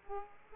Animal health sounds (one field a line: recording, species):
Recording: mosquito wingbeat signal from an infrared sensor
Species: Aedes aegypti